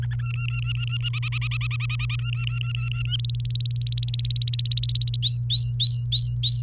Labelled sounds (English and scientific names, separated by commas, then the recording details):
Domestic Canary (Serinus canaria) song
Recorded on 30 April 2018 at 06:22
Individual llb3